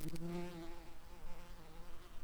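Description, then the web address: Red-tailed bumblebee buzzing, a steady low droning hum throughout. Workers. "bumblebees Lapidarius-workers"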